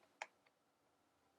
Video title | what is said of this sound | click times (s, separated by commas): Eyesbook 2 祿萊 Rolleiflex 2.8GX TLR camera | It has a specific slot. Once it clicks into place, it's set. | 0.2 s